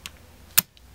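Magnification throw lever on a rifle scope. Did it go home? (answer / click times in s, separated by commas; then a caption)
yes / 0.1 s, 0.6 s. A metal magnification throw lever on an Elcan SpecterDR rifle scope is flicked from 1X to 4X, flipping the internal prism lens. A sharp click sounds at 0.1 s, then a much louder snap at 0.6 s as the lever seats into its detent, followed by a faint tick at 0.8 s. The lever ends locked in position.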